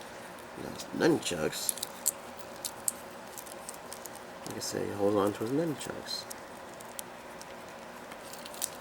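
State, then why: Seated. Someone talks while pushing the plastic toy nunchucks of a 2014 Classic 1990 Movie Mike action figure into the holder on the figure's belt, with light plastic ticks and taps throughout. A sharp click at 8.6 s marks the nunchucks seating in the holder.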